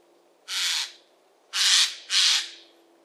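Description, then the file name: Eurasian jay giving three harsh, raspy screeches, one alone and then two in quick succession, over a quiet background with a faint steady hum. "Garrulus glandarius"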